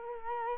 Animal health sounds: mosquito wingbeat signal from an infrared sensor; Culex quinquefasciatus

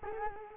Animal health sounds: mosquito wingbeat signal from an infrared sensor; Culex quinquefasciatus

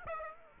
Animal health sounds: mosquito wingbeat signal from an infrared sensor; Aedes aegypti

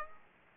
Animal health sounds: mosquito wingbeat signal from an infrared sensor; Aedes aegypti

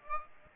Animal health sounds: mosquito wingbeat signal from an infrared sensor; Aedes aegypti

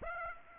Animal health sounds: mosquito wingbeat signal from an infrared sensor; Aedes aegypti

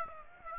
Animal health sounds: mosquito wingbeat signal from an infrared sensor; Aedes aegypti

